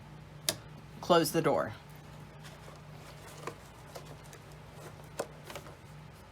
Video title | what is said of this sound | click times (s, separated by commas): Making Earring Cards | put your pin in push it down till it clicks | 0.5 s